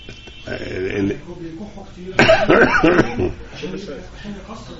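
A person clears their throat and coughs in a short, rough burst in the middle, with softer throaty vocal sounds before and after.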